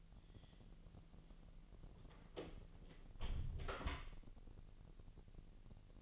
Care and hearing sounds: daily activity, microphone in the room; close door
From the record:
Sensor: 4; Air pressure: 1002.1 hPa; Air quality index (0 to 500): 248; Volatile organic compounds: 41 ppm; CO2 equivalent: 3170 ppm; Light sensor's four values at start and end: 9/21/8/8 and 10/22/8/8

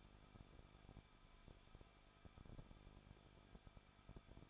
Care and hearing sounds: daily activity, microphone in the room; no activity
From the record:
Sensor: 5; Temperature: 20.9 degrees Celsius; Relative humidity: 38.2%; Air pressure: 1006.5 hPa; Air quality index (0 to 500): 186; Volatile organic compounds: 18 ppm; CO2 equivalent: 2602 ppm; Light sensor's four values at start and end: 2/3/1/1 and 2/3/1/1

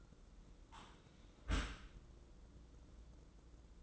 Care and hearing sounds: daily activity, microphone in the room; close dishwasher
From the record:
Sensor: 3

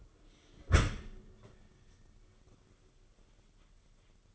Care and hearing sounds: daily activity, microphone in the room; close dishwasher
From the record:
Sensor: 4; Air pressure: 995.3 hPa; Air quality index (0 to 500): 213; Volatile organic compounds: 241 ppm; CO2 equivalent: 4336 ppm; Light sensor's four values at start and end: 35/108/41/45 and 34/108/40/44

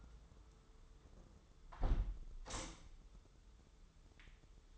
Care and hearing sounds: daily activity, microphone in the room; close window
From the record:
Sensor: 3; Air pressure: 995.7 hPa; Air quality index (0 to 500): 97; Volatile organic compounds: 13 ppm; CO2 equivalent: 2420 ppm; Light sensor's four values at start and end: 28/83/35/30 and 27/82/35/30

